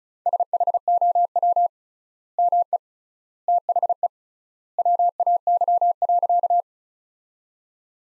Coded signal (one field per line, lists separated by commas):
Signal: Morse code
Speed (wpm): 36 wpm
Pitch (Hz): 700 Hz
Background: none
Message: SHOW ME THE WAY.